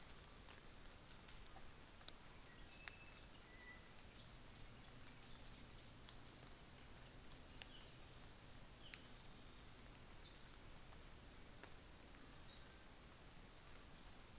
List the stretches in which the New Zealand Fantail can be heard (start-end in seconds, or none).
2.44-10.51, 12.03-13.23